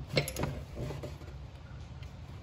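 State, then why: Not seated. An oxygen sensor's wiring plug is handled under a Honda Accord as it is brought toward the engine harness connector, giving a few short, light ticks around 0.2 to 0.4 s and then quieter handling noise. The plug is not yet pushed home, and nothing has seated or clicked yet.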